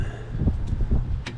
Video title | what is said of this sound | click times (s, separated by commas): LENSUN SOLAR PANEL | basically just put it in and push down and it clicks back into place | 1.3 s